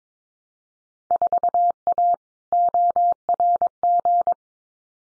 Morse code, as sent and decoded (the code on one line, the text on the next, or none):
....- .- / --- .-. --.
4A ORG